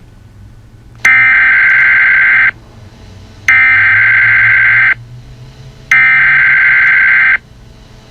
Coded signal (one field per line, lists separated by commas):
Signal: Emergency Alert System (SAME) tones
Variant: header bursts